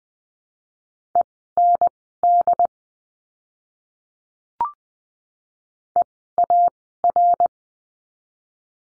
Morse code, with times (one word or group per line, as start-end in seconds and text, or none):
1.1-2.7 END
6.0-7.5 EAR